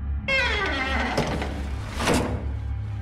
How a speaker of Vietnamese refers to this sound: Vì cái cửa tủ quần áo của thằng Cường. Sao tự nhiên nó lại mở ra thế kia?